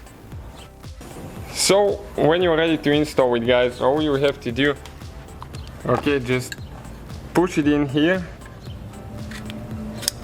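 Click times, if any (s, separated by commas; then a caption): 10.1 s. Someone talks over music while a replacement plastic secondary air injection switching valve is pushed by hand into its mount in a Mercedes engine bay. A sharp, loud click at 10.1 s marks the valve seating into place.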